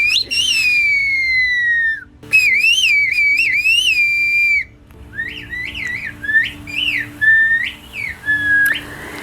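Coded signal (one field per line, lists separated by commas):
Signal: whistled language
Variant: Turkish kuş dili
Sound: loud gliding whistles rising and falling around 2-3 kHz in several phrases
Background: faint background hum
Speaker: Os sons reproduziam o idioma turco transformado em tons, pausas e variações de altura.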